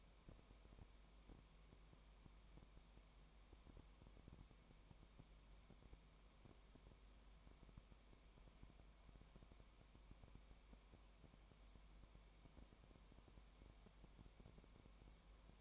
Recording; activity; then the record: daily activity, microphone in the room; no activity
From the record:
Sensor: 1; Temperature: 19.0 degrees Celsius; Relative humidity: 34.1%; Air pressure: 1001.3 hPa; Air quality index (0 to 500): 82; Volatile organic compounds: 1 ppm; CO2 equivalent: 824 ppm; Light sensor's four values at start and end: 1/2/1/1 and 1/2/1/1